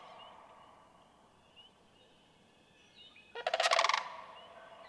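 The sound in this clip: Sandhill crane producing a single rolling, throaty trumpet call after a few seconds of quiet background with faint chirping.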